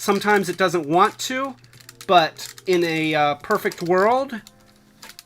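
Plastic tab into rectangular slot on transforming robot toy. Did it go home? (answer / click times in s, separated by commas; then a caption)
yes / 5.0 s, 5.2 s. A small plastic tab on a transforming robot toy is pushed into a little rectangular slot during transformation while someone talks. It clicks into place with short sharp clicks at 5.0 s and 5.2 s, and the tab is seated.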